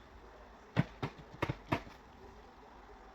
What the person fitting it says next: So yun, nakalock na siya.